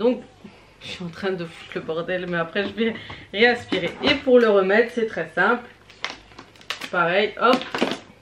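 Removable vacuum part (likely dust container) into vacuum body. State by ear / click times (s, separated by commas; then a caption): not seated / none. After emptying and cleaning, a removable vacuum part, likely the dust container, is being put back onto the vacuum body while someone talks. A cluster of short handling knocks sounds between about 5.9 and 6.7 s, the sharpest at 6.0 and 6.7 s. The part has not seated and nothing has clicked yet.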